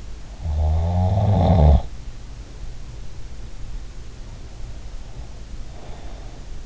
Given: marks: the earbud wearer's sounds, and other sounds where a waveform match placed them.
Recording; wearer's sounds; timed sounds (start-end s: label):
sounds in sleep by an in-ear microphone; snoring breath, breath
0.35-1.96 s: snoring breath
5.71-6.65 s: breath